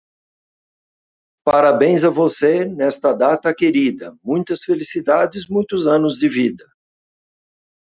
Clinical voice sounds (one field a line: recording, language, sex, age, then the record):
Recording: short text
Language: Brazilian Portuguese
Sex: male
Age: 60 to 69 years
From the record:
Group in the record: control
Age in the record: 60 years